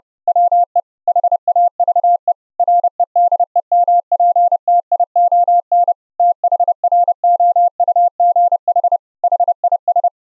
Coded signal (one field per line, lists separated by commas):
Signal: Morse code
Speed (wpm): 30 wpm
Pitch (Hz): 700 Hz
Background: none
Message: WE HAVE REDEMPTION THROUGH HIS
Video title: send Morse Code Audio over the Internet using FFMPEG and the OPUS CODEC - LIVE demo